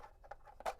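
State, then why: Not seated. A Honeywell 5800CO carbon monoxide detector is being lined up, its silver ring matched to the clip on its plastic mounting back plate, so the two can be pressed together and turned clockwise to lock. Only soft handling scrapes and light taps are heard, with one brief sharper tap near 0.3 s. Nothing has seated or clicked into place yet.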